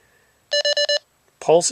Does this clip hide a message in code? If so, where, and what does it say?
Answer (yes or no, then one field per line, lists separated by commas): no